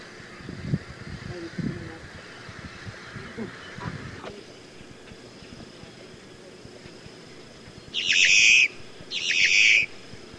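Boat-tailed grackle giving two rough, rasping calls about a second apart, preceded by soft low knocks and a faint hiss.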